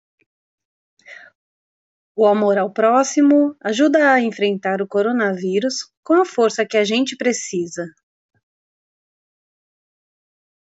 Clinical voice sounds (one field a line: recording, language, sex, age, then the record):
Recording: spoken sentence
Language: Brazilian Portuguese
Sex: female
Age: 40 to 49 years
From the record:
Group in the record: control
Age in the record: 46 years